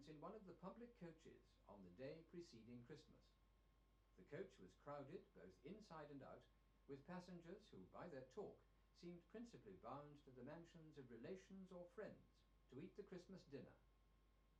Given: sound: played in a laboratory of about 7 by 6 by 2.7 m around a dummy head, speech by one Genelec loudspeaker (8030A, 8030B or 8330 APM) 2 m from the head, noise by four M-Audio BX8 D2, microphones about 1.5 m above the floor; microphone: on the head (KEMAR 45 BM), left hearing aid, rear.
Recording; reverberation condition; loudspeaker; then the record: male speech in English; low; 60 degrees to the right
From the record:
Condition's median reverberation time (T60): about 310 ms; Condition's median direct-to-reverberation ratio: about 3.5 dB